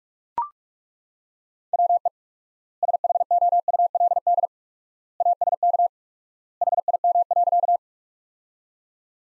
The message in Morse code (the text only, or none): WE SHOULD ASK HIM.